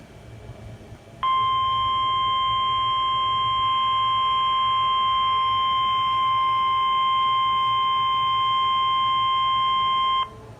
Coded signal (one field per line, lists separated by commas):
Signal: Emergency Alert System (SAME) tones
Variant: 1050 Hz attention tone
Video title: EAS ALERTS From 6/14/21 (EAS 59-65)